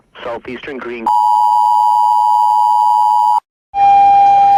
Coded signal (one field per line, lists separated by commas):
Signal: Emergency Alert System (SAME) tones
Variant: 853 and 960 Hz attention tone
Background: speech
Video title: EAS Mock: Greenport?